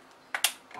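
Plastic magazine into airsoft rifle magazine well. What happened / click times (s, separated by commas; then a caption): The magazine clicked into place / 0.4 s. A 50-round plastic magazine is pushed into the magazine well of a Blaser R93 airsoft bolt-action rifle replica. Two sharp clicks come at 0.3 and 0.4 seconds, followed by a fainter sound near 0.7 seconds. The magazine is seated.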